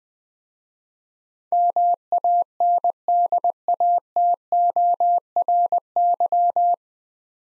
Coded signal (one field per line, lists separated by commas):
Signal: Morse code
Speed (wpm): 20 wpm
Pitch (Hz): 700 Hz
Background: none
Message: MANDATORY